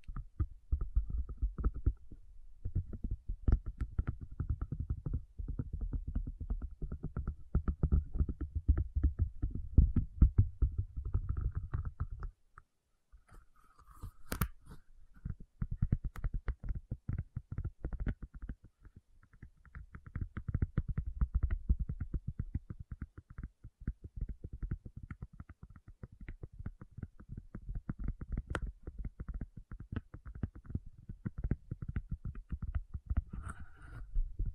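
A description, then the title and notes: A tapping session of dense, rapid taps, mostly dull and low with some brighter clicks above. The tapping runs steadily for about twelve seconds, drops to near silence with a few sharp clicks, then resumes around the twentieth second and continues irregularly to the end. ASMR 1 Hour Tapping Session (No Talking).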